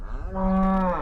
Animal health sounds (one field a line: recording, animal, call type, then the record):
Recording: contact call of a hoofed animal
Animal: cattle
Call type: low-frequency (closed-mouth) or high-frequency (open-mouth) call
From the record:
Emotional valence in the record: negative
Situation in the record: full separation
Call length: 1.03 s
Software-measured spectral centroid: 980 Hz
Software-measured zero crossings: 820 a second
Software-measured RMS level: -24 dBFS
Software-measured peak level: -13 dBFS